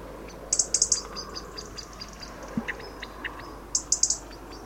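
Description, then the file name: Eurasian wren calls: short bursts of hard, high clicking notes in rapid triplets, repeated twice, over steady background hiss and faint other chirps. "Troglodytes troglodytes"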